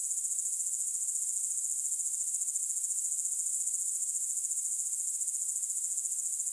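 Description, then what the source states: Cricket chirping, a continuous high shrill pulsing trill, steady and unbroken, with nothing else heard. Night sounds, presented for relaxation.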